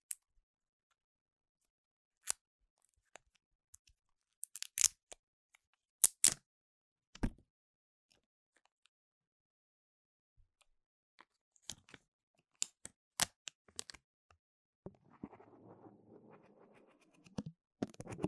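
Sharp taps and clicks on devices and boxes come in irregular bursts over silence, with a soft rustling scrape near the end.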